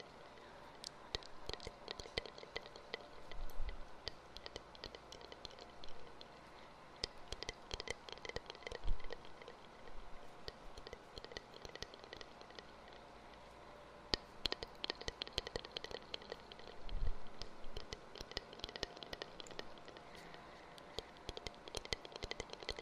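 Echoing mouth sounds, sharp clicks and smacks scattered irregularly throughout, some in quick bunches, over a faint steady hum.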